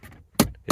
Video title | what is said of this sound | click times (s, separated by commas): Operation XJay - Minor Upgrades | It just doesn't latch. | none